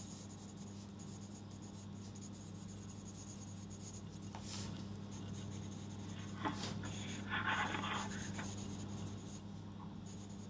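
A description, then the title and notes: Notes being rewritten: soft pen scratching and paper rustles over a steady low hum, with brief louder rubbing near six and eight seconds. Going through my notes and re-writing stuff.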